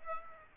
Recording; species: mosquito wingbeat signal from an infrared sensor; Aedes aegypti